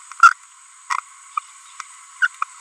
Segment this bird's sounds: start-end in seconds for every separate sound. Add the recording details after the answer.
2.22-2.27. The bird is a female. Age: 30 days. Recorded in a nest box in Venezuela. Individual 17B42B3